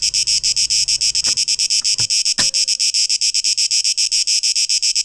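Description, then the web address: Cicadas give a loud, high, harsh buzz pulsing about four times a second, with a few sharp clicks partway through. 12 August 2023; tape echo mix. "rauschpartikel 2023-08-12 Zikaden"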